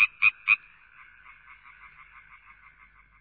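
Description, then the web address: Frog croaks: three loud raspy notes in quick succession, then a softer run of rapid pulsed calls. "Sound Effects Special FX 2. Frogs"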